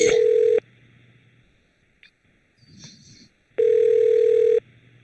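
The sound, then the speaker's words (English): Two loud, steady telephone beeps, each lasting about a second, heard while a call to the East Montpelier town office is transferred to an extension, separated by a quiet gap holding a faint electronic chirp and low line noise. The tones are flat and mid-pitched with bright harmonics. “Awful lot of beeping and ringing.”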